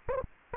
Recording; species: mosquito wingbeat signal from an infrared sensor; Aedes aegypti